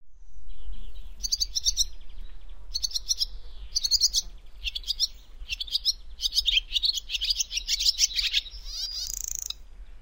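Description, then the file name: Swallow twittering in short high bursts of chattering chirps, growing busier and denser toward the end over a steady low rumble. Recorded 29 June 2009. "swallow ateremiski"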